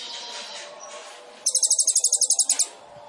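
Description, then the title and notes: Sunbird: after a murky stretch of faint noise, a short, very high rapid trill of evenly spaced notes sounds for about a second. Indonesian masteran training recording for songbirds; sunbird song described as gacor (singing vigorously), with full isian (filler phrases) and tembakan (bursts), intended as pancingan to stimulate other birds. "MASTERAN KOLIBRI NINJA TERBAIK FULL ISIAN DAN TEMBAKAN MEWAH COCOK BUAT PANCINGAN. Suara Burung Kolibri Ninja Gacor"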